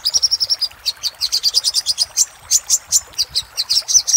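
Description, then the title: Little spiderhunter giving quick high chips, first a tight rattle-like run, then spaced, slightly uneven notes continuing to the end. Singing used as a master (masteran) for training cage birds. "Masteran Burung Sogok Ontong Labaik"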